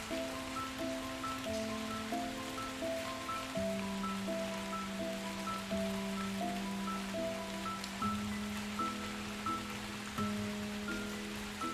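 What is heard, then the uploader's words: Light rain patters steadily over the whole stretch, a dense soft hiss with scattered small drops. A gentle melodic piece plays alongside, sustained low notes shifting every couple of seconds under a slow, regular pattern of mid-range tones. MUSIC with Light RAIN in the Countryside. Sound of rain in the countryside accompanied by beautiful music.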